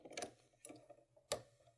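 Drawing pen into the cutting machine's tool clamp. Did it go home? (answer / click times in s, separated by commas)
yes / 1.3 s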